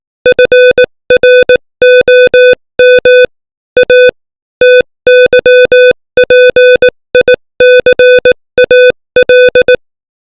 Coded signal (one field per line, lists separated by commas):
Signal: Morse code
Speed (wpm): 18 wpm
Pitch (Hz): 500 Hz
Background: music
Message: FROM A TYPICAL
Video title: Morse Code 18 WPM : English Language